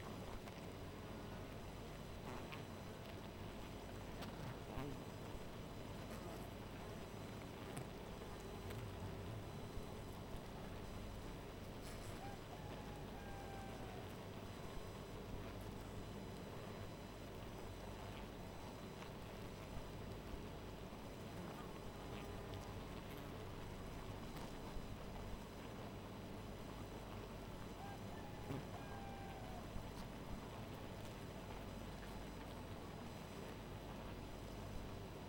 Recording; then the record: honeybee colony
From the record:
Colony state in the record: missing queen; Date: 14 July 2017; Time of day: 1:55